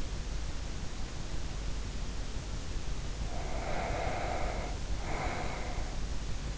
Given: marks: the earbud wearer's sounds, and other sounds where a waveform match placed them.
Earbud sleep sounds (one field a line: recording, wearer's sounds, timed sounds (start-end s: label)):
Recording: sounds in sleep by an in-ear microphone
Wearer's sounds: breath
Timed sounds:
2.98-6.26 s: breath